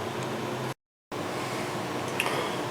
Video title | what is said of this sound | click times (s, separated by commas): removing geo and Suzuki stripped out head bolts | last one and if it's right over the center you'll hear a pop when it releases the pressure off the head okay | 2.2 s